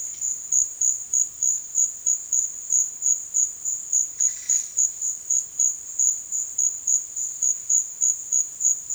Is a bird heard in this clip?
yes